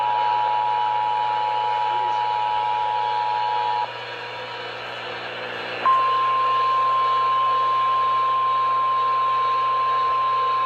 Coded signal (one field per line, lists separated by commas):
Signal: Emergency Alert System (SAME) tones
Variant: 853 and 960 Hz attention tone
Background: speech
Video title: Storms & Fires - EAS Alerts From 3/4/26 - 3/8/26 (EAS #5148-5158)